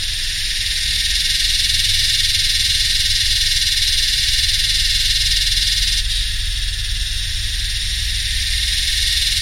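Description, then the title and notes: Yellowbelly cicadas singing together as a loud, even, high-pitched buzz that never breaks, with a deep humming machine sound in the background. Several cicadas singing in the heat, subtropical dry sclerophyll forest and heathland, Royal National Park, New South Wales, Australia, summer, 7 December 2015, humming machines audible alongside. "Yellowbelly (Psaltoda harrisii) singing in the heat along with some humming machines in a mixture of subtropical dry scherlophyll forest and heathland. 7th of December, 2015 (Royal National Park, NSW, Australia.)"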